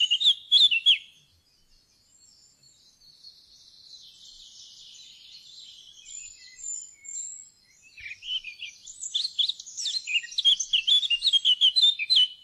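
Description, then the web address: Eurasian blackcap song: a brief loud phrase, a long stretch of faint, high chattering warble, then a burst of rich, quick fluted notes. "fuglelyder- munk"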